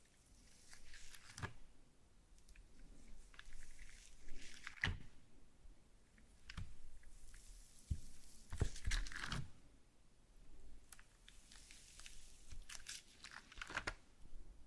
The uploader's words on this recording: ASMR SLIME No Talking Satisfying slime Sounds.